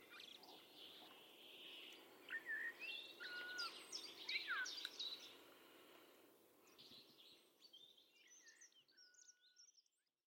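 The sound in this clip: Bird gives mixed chirps and clear whistled notes over background hiss, fading toward silence at the end.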